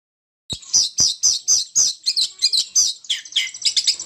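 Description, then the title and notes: Oriental magpie-robin giving buzzy, harsh notes repeated about four times a second, then breaking into quicker mixed chirps and whistles. Champion bird singing in 'ngobra' style. "Kacer Juara Ngobra Istimewa. Burung Kacer"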